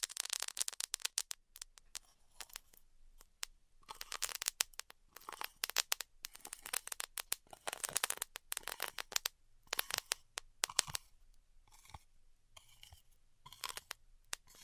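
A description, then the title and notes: Styrofoam being heat cut, heard as a dense run of sharp crackles and snaps that come in irregular bursts throughout. The clicks are bright and crisp, clustering heavily around the first, fourth, eighth and eleventh seconds, with brief quieter gaps between clusters. ASMR Styrofoam Heat Cutting (No Talking).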